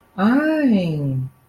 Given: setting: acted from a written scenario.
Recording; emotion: vocal sound without words; disappointment